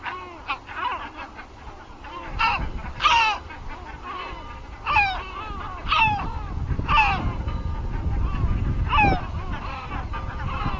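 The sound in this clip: Great black-backed gull calls: harsh, downward-slurred cries that overlap in a busy chorus of several gulls, over a steady low rumble.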